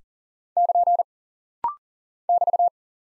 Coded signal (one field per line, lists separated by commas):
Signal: Morse code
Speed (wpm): 40 wpm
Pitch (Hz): 700 Hz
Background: none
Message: <KN> <BT>